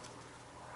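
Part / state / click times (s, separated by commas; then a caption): small wire connector into handheld console circuit board socket / not seated / none. A second small plastic wire connector is handled as it is pushed toward its socket on a Kite's Circuit Sword circuit board during a GameBoy Zero handheld console build. Only steady, faint background noise with a low hum is heard. Nothing has seated or clicked yet.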